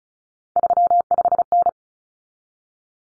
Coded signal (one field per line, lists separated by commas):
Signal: Morse code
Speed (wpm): 34 wpm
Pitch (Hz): 700 Hz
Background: none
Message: 35N